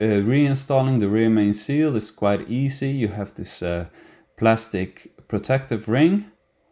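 During a clutch replacement on a Land Rover Td5 Defender, with the sump removed, a plastic-framed rear crankshaft main seal on its plastic protective ring is handled before being pressed onto the rear of the engine block. Someone talks throughout, and the clip ends before the seal goes on, so nothing has seated or clicked yet.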